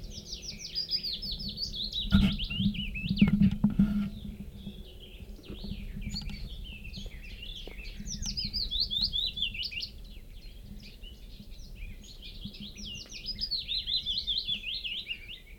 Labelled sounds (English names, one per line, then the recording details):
Willow Warbler
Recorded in the wild
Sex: male
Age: adult
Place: Thumsee, Bayern, DE
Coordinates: 47.7167, 12.8167
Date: 1964-06-03
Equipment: LGS26
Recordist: Faber, A. and Stumbrat